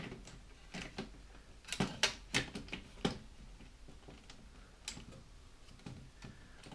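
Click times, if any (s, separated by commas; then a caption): none. A toner cartridge is pushed into a Brother HL 1112 laser printer, producing a series of sharp mechanical knocks, the loudest around 2.0 s and 3.1 s, with another at 4.9 s. Nothing has latched into place yet.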